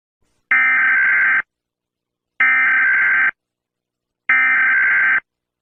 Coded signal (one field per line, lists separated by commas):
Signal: Emergency Alert System (SAME) tones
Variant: header bursts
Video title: EAS Scenario- BALDIS BASICS (Huddle up in a room) ￼